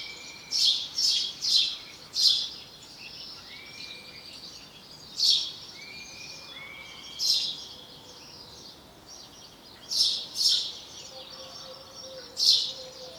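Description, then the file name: House sparrow calls, bright chirps given singly and in twos and threes every few seconds, with short whistled notes and busy twittering in the background. "Passer domesticus"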